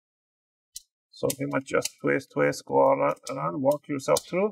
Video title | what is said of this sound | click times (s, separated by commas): How to Repaste and Clean Your ACER NITRO 5 AN515-52-738F Laptop | all you want to do just twist it and you want to hear this big click sounds that's what you want to hear all around in the front | 0.8 s